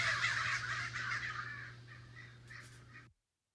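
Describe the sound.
Raven giving harsh, raspy caws that run together through the first second and a half, then weaken and trail off, over a steady low hum.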